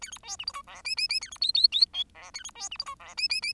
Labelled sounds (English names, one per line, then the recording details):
Bengalese Finch song
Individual Bird10